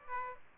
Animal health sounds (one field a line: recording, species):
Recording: mosquito wingbeat signal from an infrared sensor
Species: Aedes aegypti